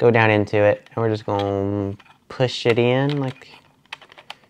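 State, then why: Seated. Someone talks while a storage card is lined up with an old camera's card slot, its holes facing down, and pushed in. Sharp clicks are heard at 3.9 s and 4.3 s as the card latches and seats in the slot.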